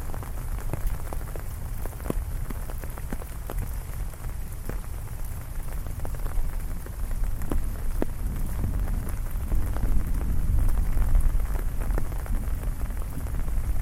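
Heavy rain falls steadily, a dense patter with sharp individual drops snapping through every fraction of a second. A deep, continuous rumble sits underneath and swells slightly between about nine and twelve seconds before easing back.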